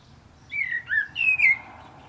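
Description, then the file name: Common blackbird sings a short phrase of a few clear whistled notes, mostly slurring downward. "Turdus merula"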